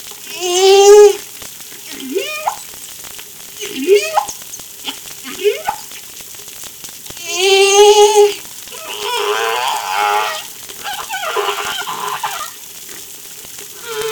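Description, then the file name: Humpback whale song: loud harmonic moans, upward swoops and rough buzzy pulsed units in varied sequence, with crackling background clicks throughout. Recorded off La Réunion on 3 July 2013. "Humpback Darewin La Reunion Jul 03 2013"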